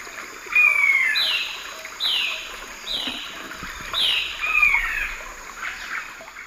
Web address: S America Eastern Lowlands Myrmeciza melanoceps, calls